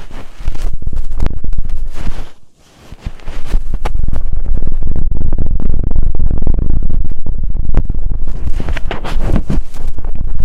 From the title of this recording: Intense Ear Triggers (No Talking)